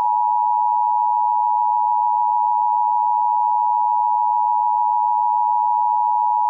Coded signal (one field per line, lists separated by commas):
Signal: Emergency Alert System (SAME) tones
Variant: 853 and 960 Hz attention tone